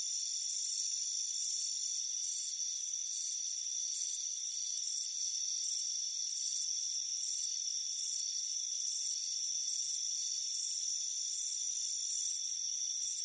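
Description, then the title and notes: Crickets chirping in high, rhythmic pulses over steady high-pitched insect trills; no low sounds at all. Crickets chirping on a warm afternoon on a front porch. "Soothing Crickets Chirping Sound. It's a warm afternoon as you relax in a hammock on the front porch. Deep Sleep Sounds"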